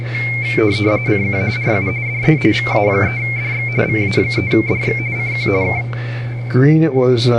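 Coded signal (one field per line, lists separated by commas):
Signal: RTTY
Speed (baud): 45.45 baud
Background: speech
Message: CQ RU DE VA3DX VA3DX CQ K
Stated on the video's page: RTTY from an ARRL RTTY Roundup contest operation.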